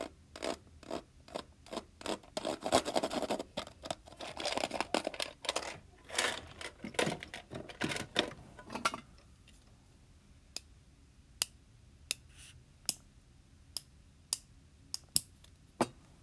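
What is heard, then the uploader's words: Scratching and rubbing on a foam-like surface fill the first nine seconds, a dense, crackling texture full of quick clicks and swells. Then it stops, leaving sharp, isolated taps about once a second over a quiet, low hum. Random ASMR triggers {NO TALKING}. Tapping, scratching, foam sounds, water sounds, keyboard typing.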